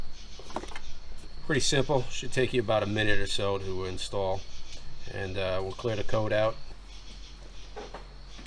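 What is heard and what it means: The connector on top of a new vapor canister purge valve in the emission system of a 1997 Jeep Grand Cherokee ZJ snaps into place with two short clicks at 0.6 s and 0.8 s, and the connector is seated. Someone talks over a steady low hum, and a faint tap follows near 8.0 s.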